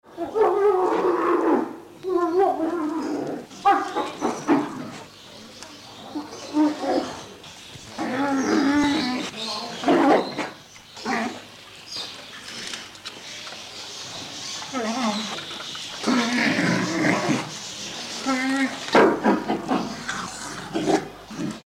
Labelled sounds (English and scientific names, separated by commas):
Asiatic Black Bear (Ursus thibetanus)